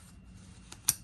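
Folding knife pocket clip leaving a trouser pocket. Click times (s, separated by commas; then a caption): 0.9 s. A folding knife is drawn out of a loose trouser pocket, and its sturdy metal pocket clip springs back against the handle. A faint tick comes at 0.7 s, then a sharp, bright snap at 0.9 s over low background rumble. The clip is released from the pocket.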